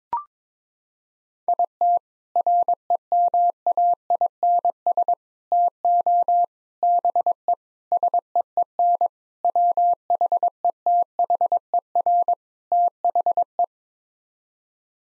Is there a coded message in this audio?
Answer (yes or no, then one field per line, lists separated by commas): yes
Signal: Morse code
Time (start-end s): 1.5-13.6 s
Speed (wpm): 22 wpm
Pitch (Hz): 700 Hz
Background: none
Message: IT REMAINS TO BE SEEN WHETHER THE